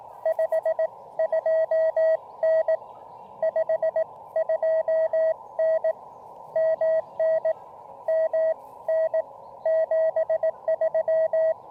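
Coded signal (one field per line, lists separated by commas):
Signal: Morse code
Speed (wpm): 20 wpm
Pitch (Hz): 590 Hz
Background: none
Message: 52N 52N MNM N 73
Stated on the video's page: QRP CW POTA park activation using Elecraft KX2 with KXPD2 paddles and an end-fed half-wave antenna.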